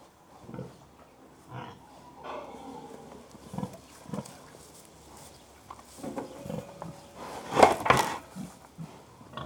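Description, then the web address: Pig grunts, a run of low irregular grunts with a harsher, louder burst near the end. Three pigs, livestock, grunting occasionally. "BBC Sound Effects Library BBC Livestock Three Pigs Grunting Occasionally"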